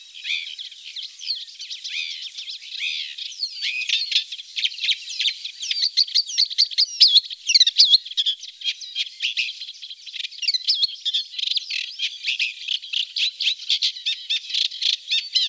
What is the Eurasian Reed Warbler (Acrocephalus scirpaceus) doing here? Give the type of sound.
song